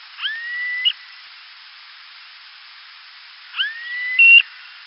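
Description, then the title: Smooth-billed ani calls: two whining, rising whistles that level off and end with a short higher note, about three seconds apart, over a steady hiss. "LuckyPassaro Completos2Sama. Smooth-billed Ani (Crotophaga ani)"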